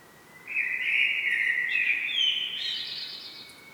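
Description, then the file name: Common blackbird singing a long, loud, mellow warbled phrase that rises into higher, thinner notes before fading. "Turdus merula"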